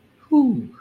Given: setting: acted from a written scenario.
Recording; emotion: vocal sound without words; pride